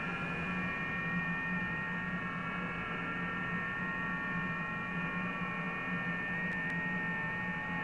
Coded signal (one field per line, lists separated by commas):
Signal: FT8